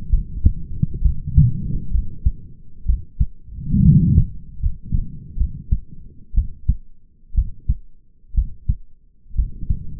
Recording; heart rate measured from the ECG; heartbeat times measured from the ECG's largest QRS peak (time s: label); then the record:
heart sounds by stethoscope; 65 bpm
0.10 s: heartbeat
1.02 s: heartbeat
1.91 s: heartbeat
2.86 s: heartbeat
3.82 s: heartbeat
4.60 s: heartbeat
5.37 s: heartbeat
6.34 s: heartbeat
7.35 s: heartbeat
8.35 s: heartbeat
9.35 s: heartbeat
From the record:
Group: healthy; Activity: rest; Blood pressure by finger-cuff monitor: 117/77 mmHg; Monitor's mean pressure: 89 mmHg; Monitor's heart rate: 63 bpm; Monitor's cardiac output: 5.6 L/min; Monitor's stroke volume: 83 mL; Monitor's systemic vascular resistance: 1190 dyn s/cm5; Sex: male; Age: 21 years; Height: 170 cm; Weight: 71 kg